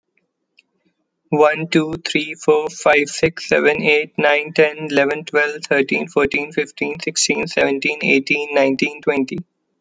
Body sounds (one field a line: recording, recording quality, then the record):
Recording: counting at a fast pace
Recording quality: excellent, no background noise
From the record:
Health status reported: healthy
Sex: male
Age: 25 years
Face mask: not worn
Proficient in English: yes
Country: United States